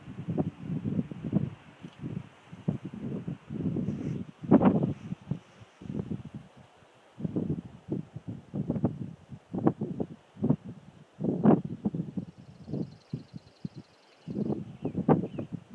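Wind moves through forest on a hill, arriving as uneven low gusts and rustling bursts with brief lulls, the strongest surges near five, eleven and fifteen seconds. A faint, high bird trill sounds around thirteen seconds.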